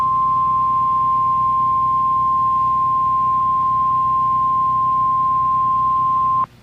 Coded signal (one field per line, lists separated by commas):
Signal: Emergency Alert System (SAME) tones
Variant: 1050 Hz attention tone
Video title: EAS #2,458-2,464 Required Weekly Tests 1/14/26